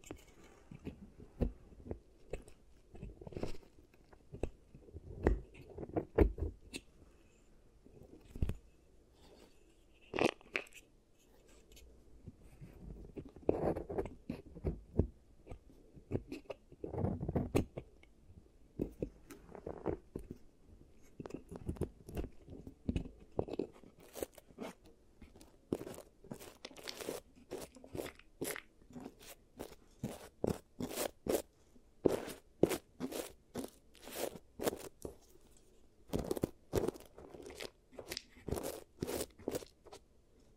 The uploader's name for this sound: ASMR Giant Teeth Treatment, Fixing Your Cavities